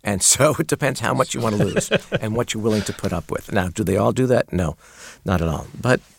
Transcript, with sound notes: And so it depends how much you want to lose...
(Laughter).
...And what you're willing to put up with. Now, do they all do that? No, not at all.